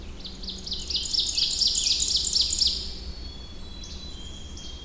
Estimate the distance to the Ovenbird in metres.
about 25 m